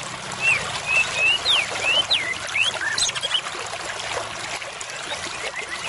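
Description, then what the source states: White-rumped shama song: quick series of high whistled slurs, rising and falling sharply, followed by scratchier notes, against constant water-like background noise. Used as a lure call (pikat) for murai batu.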